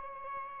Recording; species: mosquito wingbeat signal from an infrared sensor; Aedes albopictus